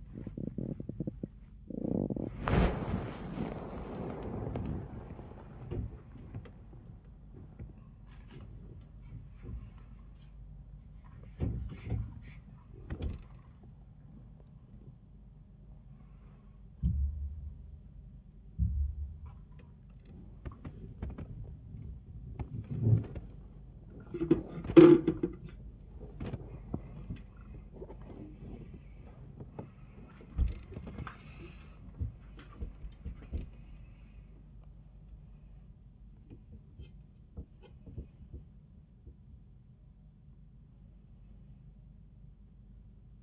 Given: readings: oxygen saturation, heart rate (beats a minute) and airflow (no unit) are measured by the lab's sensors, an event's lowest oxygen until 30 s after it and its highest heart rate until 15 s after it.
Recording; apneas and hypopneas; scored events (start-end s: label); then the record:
a person awake in a sleep study, by a smartphone at the bedside; none
0.00-43.23 s: awake
From the record:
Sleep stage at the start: awake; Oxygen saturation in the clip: 94 to 96%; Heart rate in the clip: 96 to 110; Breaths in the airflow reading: 9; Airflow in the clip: -20.9 to 23.4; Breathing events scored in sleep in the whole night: 400 in 8.7 hours asleep